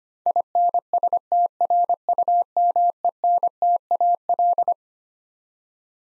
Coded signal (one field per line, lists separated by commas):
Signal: Morse code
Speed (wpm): 25 wpm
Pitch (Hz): 700 Hz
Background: none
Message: INSTRUMENTAL